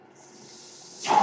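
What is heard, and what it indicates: Faint steady hiss, then a sharp rush of air: a mechanical ventilator delivering a breath.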